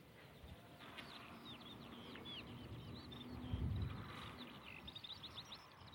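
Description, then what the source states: Eurasian skylark song, a scatter of quick high chirps and warbled notes throughout, over a low rumble with a brief louder thud near the middle. Skylark rising right beside the listener on the Ribble estuary marsh in February.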